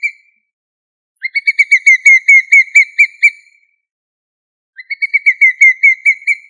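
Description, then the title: Chicken uttering a brief note, then two bursts of fast, piping whistled notes, level in pitch, separated by a silent gap of about a second and a half. "manok ostrali"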